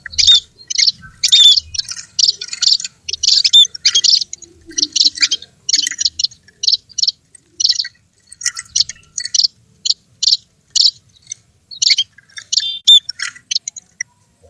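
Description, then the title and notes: Bird chirps: dense bursts of sharp, high chirping notes, with a few soft low thuds beneath. Compilation of bird calls used as a lure to attract wary birds that are hard to approach. "Suara Burung Bandel Yang Susah Mendekati. Kompilasi Suara Pikat Burung"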